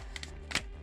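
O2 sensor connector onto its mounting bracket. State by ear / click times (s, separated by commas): seated / 0.6 s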